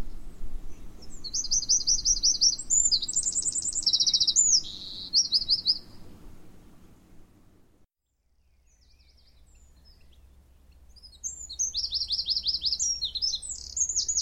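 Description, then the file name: Eurasian wren song: a loud, rapid run of high trills and twittering notes for several seconds, a pause with low rumble, then another trilled burst near the end. "Troglodytes troglodytes"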